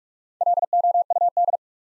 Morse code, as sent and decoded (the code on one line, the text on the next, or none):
.-.. --- ..- -..
LOUD